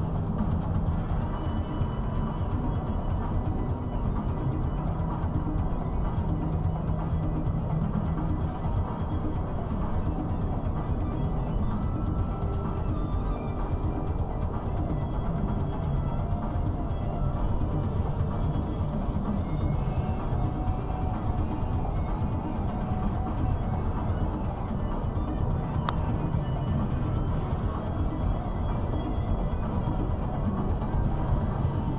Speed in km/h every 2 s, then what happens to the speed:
93, 92, 90, 92, 97, 97, 97, 95, 93, 93, 93, 95, 97, 95, 97, 97.
0-32 steady at about 95.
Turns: none.